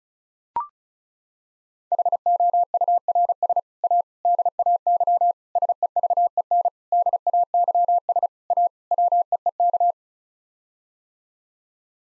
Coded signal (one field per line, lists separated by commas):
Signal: Morse code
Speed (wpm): 34 wpm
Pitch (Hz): 700 Hz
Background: none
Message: HOURS A DAY SEVEN DAYS A WEEK